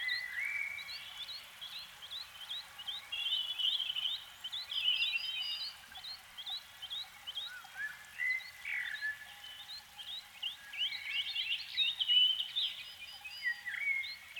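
Canary song of repeated upswept chirps at a steady pace, broken by short warbled phrases and whistles, over a faint hum.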